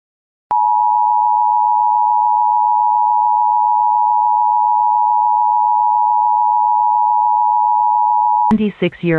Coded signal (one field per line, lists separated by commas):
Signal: Emergency Alert System (SAME) tones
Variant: 853 and 960 Hz attention tone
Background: speech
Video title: EAS Compilation of Only Civil (Non-Weather) Alerts Vol. 2